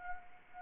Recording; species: mosquito wingbeat signal from an infrared sensor; Anopheles arabiensis